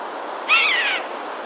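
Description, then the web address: Eurasian jay giving a single drawn-out, tonal mewing note that slides gently downward over about half a second against a soft hiss. 21 January 2021. "wroblowe ostrzegator sojka"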